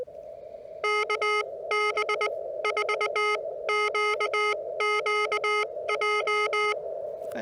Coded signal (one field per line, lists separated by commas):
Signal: Morse code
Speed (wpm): 20 wpm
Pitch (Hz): 1260 Hz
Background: none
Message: KB4QQJ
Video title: Parks on the Air in CW. Practice with W4EMB